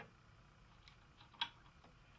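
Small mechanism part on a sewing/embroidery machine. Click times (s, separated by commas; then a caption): 1.4 s. A small plastic or metal mechanism part on a combination sewing and embroidery machine is set in place during setup, just before a lever is brought down. A faint tick at about 0.9 s is followed by a sharp, bright click at 1.4 s, and the part is seated.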